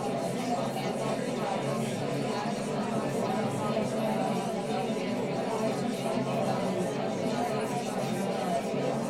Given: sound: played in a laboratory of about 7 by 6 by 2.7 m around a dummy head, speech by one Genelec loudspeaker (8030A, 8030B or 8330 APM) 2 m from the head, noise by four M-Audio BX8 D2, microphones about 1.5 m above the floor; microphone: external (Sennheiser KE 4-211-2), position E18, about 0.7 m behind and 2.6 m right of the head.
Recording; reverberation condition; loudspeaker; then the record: babble noise; low; four, about 170 cm from the corners of the room and facing them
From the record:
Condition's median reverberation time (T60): about 310 ms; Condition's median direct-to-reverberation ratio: about 3.5 dB